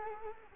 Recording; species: mosquito wingbeat signal from an infrared sensor; Culex quinquefasciatus